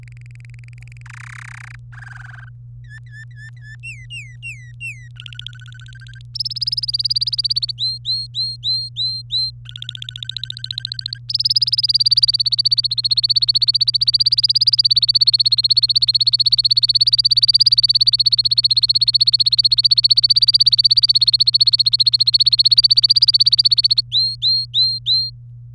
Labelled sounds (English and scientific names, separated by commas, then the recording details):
Domestic Canary (Serinus canaria) song
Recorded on 24 April 2018 at 11:39
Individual llb3